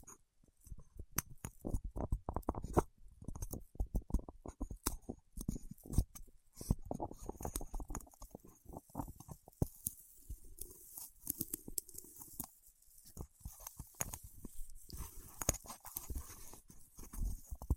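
Wax fingertips make a dense stream of soft, sticky taps and crackles, irregular and quick, with some moments louder than others. From about ten seconds the tapping thins and gives way to quieter rubbing with scattered bright clicks.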